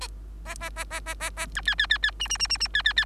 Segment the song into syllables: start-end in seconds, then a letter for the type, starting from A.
0.45-0.55 A, 0.60-0.70 A, 0.76-0.84 A, 0.90-1.00 A, 1.06-1.15 A, 1.20-1.30 A, 1.36-1.47 A, 1.55-1.61 B, 1.66-1.75 C, 1.78-1.87 C, 1.90-1.98 C, 2.02-2.11 C, 2.19-2.28 D, 2.29-2.38 D, 2.39-2.48 D, 2.49-2.57 D, 2.60-2.68 D, 2.74-2.82 C, 2.84-2.93 C, 2.96-3.05 C